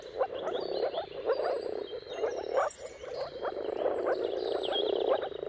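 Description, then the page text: Dense moor frog chorus of muffled bubbling calls, with scattered high bird whistles and chirps. Mating calls of a moor frog chorus at sunrise, at the turn of March and April, depending on the weather. "Dawn’s Chorus: Mating Calls of Marsh Frogs at Sunrise. Depending on the weather at the turn of March and April, you can witness an amazing spectacle of moor frogs. Jakub Orzecki"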